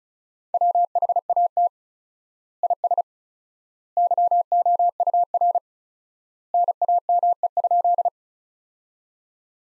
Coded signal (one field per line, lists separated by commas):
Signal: Morse code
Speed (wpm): 36 wpm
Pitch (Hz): 700 Hz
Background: none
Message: WHAT IS YOUR NAME?